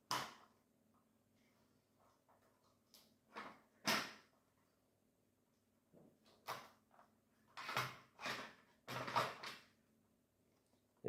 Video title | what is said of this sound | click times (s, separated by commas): Présentation sniper M61 Double Eagle airsoft | Il y a juste la partie détente qui passe pas. | none